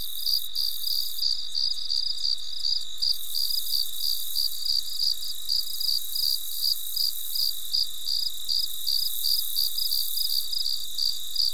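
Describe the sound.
Cricket producing a steady train of short chirps, close to three a second, over an unbroken high whine.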